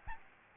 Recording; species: mosquito wingbeat signal from an infrared sensor; Aedes albopictus